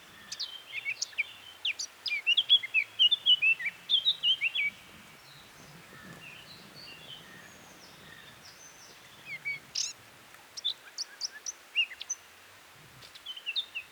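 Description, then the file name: Eurasian blackcap song: a fast, rich warbling phrase of varied high notes in the first few seconds, then scattered shorter chirpy notes later. "Sylvia atricapilla"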